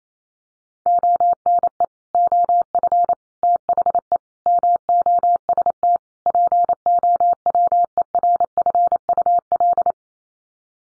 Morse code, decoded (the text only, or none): ONE OF THE MOST POWERFUL